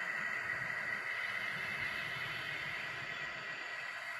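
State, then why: Not seated. A model locomotive, number 1637, backs its coupler into a box car coupler to pick up box cars in the yard, with a steady hiss and a low rumbling motor hum throughout. The couplers fail to latch, and nothing has seated or clicked.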